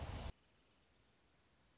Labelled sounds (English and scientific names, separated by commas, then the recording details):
Anna's Hummingbird (Calypte anna)
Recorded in Sonoma County, California